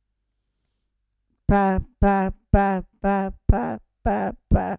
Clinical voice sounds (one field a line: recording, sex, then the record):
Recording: repeated syllable /pa/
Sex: female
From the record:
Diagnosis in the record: Parkinson's disease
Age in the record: 65 years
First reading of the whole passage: 242 s, 2.1 characters per second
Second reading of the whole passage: 180 s, 2.9 characters per second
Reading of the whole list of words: 168 s, 1.7 characters per second